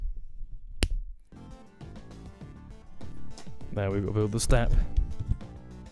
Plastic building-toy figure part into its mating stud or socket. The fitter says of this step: They just snap right in there, mate. You have a listen.